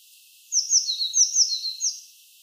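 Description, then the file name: Eurasian blue tit calling with a quick run of several thin, high descending notes. "Cyanistes caeruleus"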